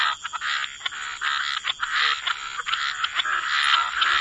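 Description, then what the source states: Frogs croaking in a busy chorus, short grating calls overlapping almost without pause, with a constant thin high tone behind. Frog chorus mixed with white noise.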